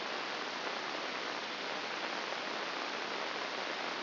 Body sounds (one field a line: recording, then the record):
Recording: brain microelectrode recording played as sound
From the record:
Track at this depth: inside the subthalamic nucleus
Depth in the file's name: 4.302 mm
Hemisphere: left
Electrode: 2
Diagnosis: Parkinson's disease